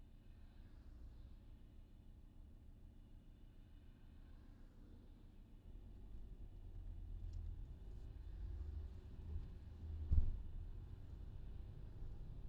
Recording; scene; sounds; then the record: everyday scene through a hearing-aid microphone; in a vehicle; engine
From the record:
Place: VW T5 Caravelle, diesel engine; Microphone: in the ear canal, left